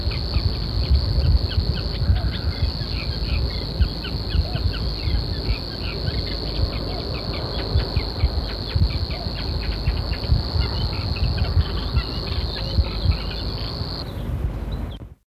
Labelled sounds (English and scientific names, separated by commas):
Savi's Warbler (Locustella luscinioides) call